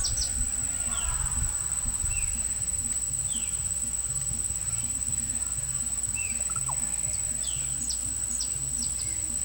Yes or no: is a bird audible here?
yes